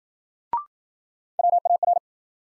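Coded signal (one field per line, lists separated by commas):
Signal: Morse code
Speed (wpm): 53 wpm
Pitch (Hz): 700 Hz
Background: none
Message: WAR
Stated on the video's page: Morse new-word drill at 55 wpm: each word sent in Morse, spoken, then sent again, for head-copy practice.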